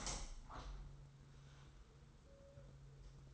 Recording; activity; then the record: daily activity, microphone in the room; open window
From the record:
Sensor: 3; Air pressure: 990.3 hPa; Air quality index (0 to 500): 178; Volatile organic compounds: 1000 ppm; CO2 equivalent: 5744 ppm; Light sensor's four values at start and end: 33/78/31/29 and 34/80/32/30